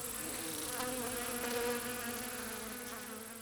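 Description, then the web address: Bee buzz, a continuous low hum with small pitch wobbles, backed by a steady high-pitched hiss. "пчела"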